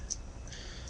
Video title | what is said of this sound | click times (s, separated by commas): Cthulhu reviews dark of the moon megatron | just kind of slide it down and kind of back sort of locks into place | 0.1 s